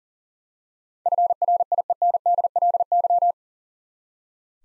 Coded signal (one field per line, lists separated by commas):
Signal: Morse code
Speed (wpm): 37 wpm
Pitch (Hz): 700 Hz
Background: none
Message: FRIENDLY